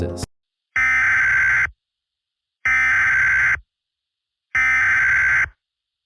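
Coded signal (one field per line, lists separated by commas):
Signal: Emergency Alert System (SAME) tones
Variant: header bursts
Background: speech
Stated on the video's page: Fictional zombie scenario alert, not a real warning.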